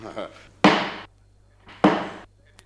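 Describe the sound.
A chairman's gavel strikes twice, loud wooden knocks about a second apart, each with a short ringing tail. A brief bit of voice comes just before the first blow.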